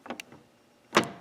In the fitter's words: not be able to hear it it clicks in and there's